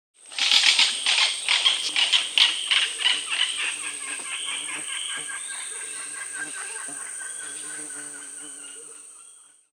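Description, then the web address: Sunbittern call: a rapid, harsh, stuttering rattle that starts loud and choppy, then slows and fades over about nine seconds, with a steady high tone throughout. Peru, Amazon. "Birds of the Amazon. Sunbittern (Eurypyga helias), Peru"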